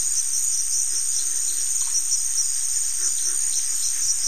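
Crickets trilling together in an unbroken, shrill, even drone with no pauses, over a quiet low background.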